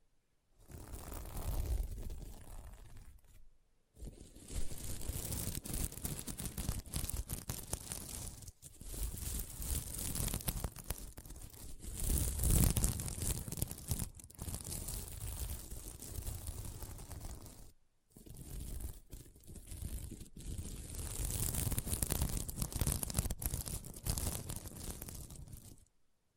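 Sequins on a mermaid pillow are scratched and brushed in long, continuous passes, giving a dense, crackly rasp with a bright hiss on top and rough low rumble beneath. The strokes run several seconds each, broken by brief silences near 4, 18 and 26 seconds.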